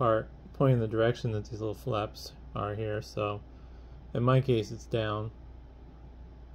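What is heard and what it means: Someone talks while handling a crimped metal pin on a fan wire, its locking tab lifted back up, before pushing it into its slot in a small plastic 3/4-pin fan connector housing. Under the speech, a steady low hum runs throughout. Nothing has seated or clicked yet.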